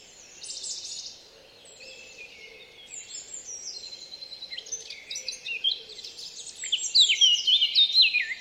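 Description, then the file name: Eurasian blackcap song, a buzzy note early on, then quieter twittering building to a loud warble of slurred whistles near the end. "Sylvia atricapilla"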